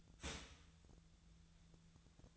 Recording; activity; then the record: daily activity, microphone in the room; start toaster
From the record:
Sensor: 3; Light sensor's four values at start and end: 24/62/26/27 and 26/65/27/28